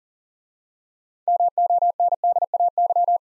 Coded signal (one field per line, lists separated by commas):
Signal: Morse code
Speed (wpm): 42 wpm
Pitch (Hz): 700 Hz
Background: none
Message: MONDAY